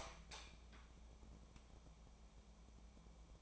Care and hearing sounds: daily activity, microphone in the room; light on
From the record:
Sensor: 1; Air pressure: 1000.0 hPa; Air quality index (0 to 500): 132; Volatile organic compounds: 2 ppm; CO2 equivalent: 1245 ppm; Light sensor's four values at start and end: 32/81/34/41 and 34/89/37/45

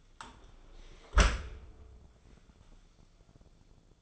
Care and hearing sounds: daily activity, microphone in the room; close dishwasher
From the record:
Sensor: 5

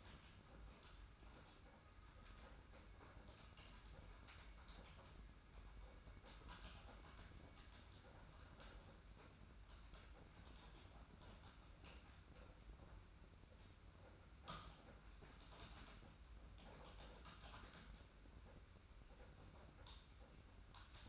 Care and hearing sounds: daily activity, microphone in the room; typing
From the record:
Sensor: 2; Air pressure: 991.6 hPa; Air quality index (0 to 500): 193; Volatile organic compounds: 1000 ppm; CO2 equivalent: 6348 ppm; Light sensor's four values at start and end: 27/84/33/31 and 27/84/33/31

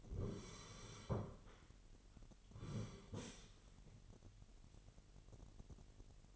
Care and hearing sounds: daily activity, microphone in the room; sit down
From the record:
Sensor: 4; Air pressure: 999.3 hPa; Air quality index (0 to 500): 112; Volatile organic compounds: 2 ppm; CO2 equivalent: 1104 ppm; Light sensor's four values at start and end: 11/25/10/11 and 11/26/10/11

